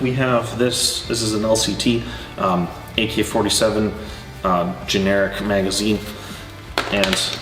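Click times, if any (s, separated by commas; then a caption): 6.8 s. Someone talks while a generic LCT AK-47 airsoft magazine is pushed with extra force into the magazine well of a CYMA Platinum MK47 airsoft rifle. A sharp click at 6.8 s marks the magazine latching in place, seated, though it takes more force than it should.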